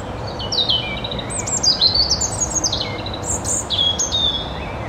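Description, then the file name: European robin song, a dense run of varied thin, high, warbling notes that rise and fall quickly, with a steady hiss underneath. "Erithacus rubecula"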